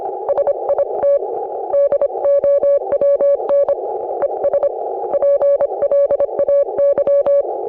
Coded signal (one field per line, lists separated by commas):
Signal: Morse code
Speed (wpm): 26 wpm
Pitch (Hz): 560 Hz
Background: none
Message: SIT DOWN ES PLAY